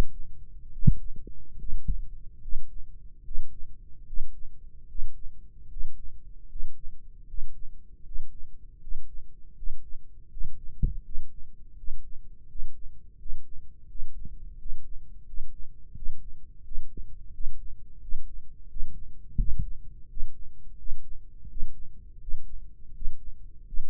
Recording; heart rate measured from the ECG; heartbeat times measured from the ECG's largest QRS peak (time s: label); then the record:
heart sounds by microphone in the right ear; 81 bpm
0.69 s: heartbeat
1.55 s: heartbeat
2.39 s: heartbeat
3.21 s: heartbeat
4.03 s: heartbeat
4.85 s: heartbeat
5.66 s: heartbeat
6.46 s: heartbeat
7.24 s: heartbeat
8.01 s: heartbeat
8.77 s: heartbeat
9.53 s: heartbeat
10.27 s: heartbeat
11.01 s: heartbeat
11.74 s: heartbeat
12.45 s: heartbeat
13.15 s: heartbeat
13.85 s: heartbeat
14.56 s: heartbeat
15.24 s: heartbeat
15.92 s: heartbeat
16.61 s: heartbeat
17.30 s: heartbeat
17.99 s: heartbeat
18.67 s: heartbeat
19.36 s: heartbeat
20.07 s: heartbeat
20.76 s: heartbeat
21.47 s: heartbeat
22.19 s: heartbeat
22.92 s: heartbeat
23.64 s: heartbeat
From the record:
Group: healthy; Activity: Valsalva maneuver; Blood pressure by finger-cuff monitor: 142/92 mmHg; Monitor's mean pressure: 106 mmHg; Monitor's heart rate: 84 bpm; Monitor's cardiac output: 6.3 L/min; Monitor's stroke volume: 75 mL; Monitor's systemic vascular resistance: 1230 dyn s/cm5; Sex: male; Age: 21 years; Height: 180 cm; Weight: 67.5 kg